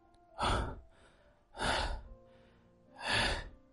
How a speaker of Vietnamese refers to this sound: Ông Phúc nghe rõ hơi thở của Khánh, biết Khánh đang phải chịu đựng sự tra tấn, đánh đập dã man của Hường.